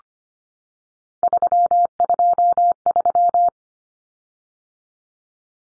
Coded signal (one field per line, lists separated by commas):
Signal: Morse code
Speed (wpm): 25 wpm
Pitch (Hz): 700 Hz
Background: none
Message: 323